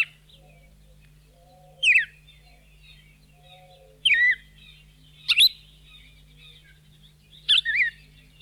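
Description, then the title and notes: Red-crested cardinal giving four loud, descending slurred chirps spaced a second or more apart, with soft lower notes between them. Bahía Blanca area, Argentina; population probably descended from escaped cage birds, its survival there owed to human tree planting and parks. "Museo de Ciencias de Bahía Blanca. Cardenal (Paroaria coronata) Los cardenales comunes que se hallan en la zona de Bahía Blanca se han originado probablemente de ejemplares escapados de jaula"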